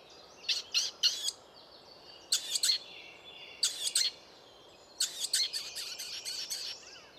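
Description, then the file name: Eurasian blackcap calls: short hard clicking 'tac' notes in quick clusters of two or three, then a longer burst of rapid ticks near the end. "Sylvia atricapilla"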